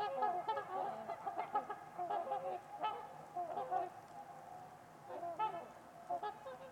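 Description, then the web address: Trumpeter swans calling in a busy run of nasal, trumpeting honks, overlapping and repeated several times a second, with brief lulls between bursts. Winter evening at Winters Lake in a deep, quiet valley; distant white noise noted. "Trumpeter Swans on a Winter's Eve. Nick-Mc Mahan Winters-Lake-with-Swan. Wind Is the Original Radio"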